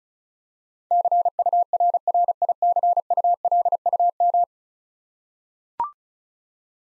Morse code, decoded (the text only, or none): CURRICULUM